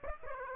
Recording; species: mosquito wingbeat signal from an infrared sensor; Aedes aegypti